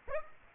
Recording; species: mosquito wingbeat signal from an infrared sensor; Aedes aegypti